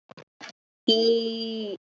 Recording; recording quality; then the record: sustained vowel as in beet; excellent, no background noise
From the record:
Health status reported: COVID-19 positive, mild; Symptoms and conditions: cold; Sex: female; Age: 23 years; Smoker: not ticked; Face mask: not worn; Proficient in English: no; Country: India